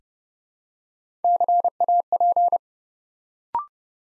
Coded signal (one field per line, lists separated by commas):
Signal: Morse code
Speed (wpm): 30 wpm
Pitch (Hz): 700 Hz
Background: none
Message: CAP